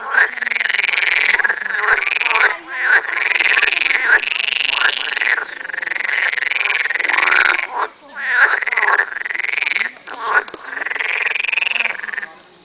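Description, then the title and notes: Frog croaking almost continuously in rasping, warbling calls, with brief dips in loudness. "Verso della rana comune. Angolo dei Bimbi"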